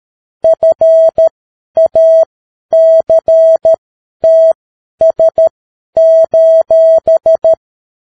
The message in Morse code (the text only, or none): FACTS: